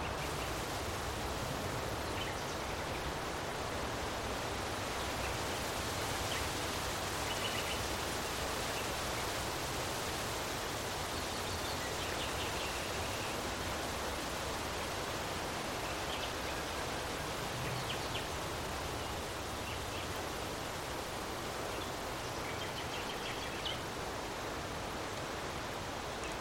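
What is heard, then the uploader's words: Wind rushes steadily across an open field, a dense, even hiss that fills the lows through the highs and barely changes in level for the whole stretch. Grass and leaves rustle continuously within it, with faint brighter flickers scattered throughout. A gentle breeze blowing through a vast open field. Listen as the rustling of tall grasses and the soft swaying of wildflowers create a peaceful symphony of sound. A Wonderful Wind And Blissful Breeze Traveling Through A Peaceful Open Field.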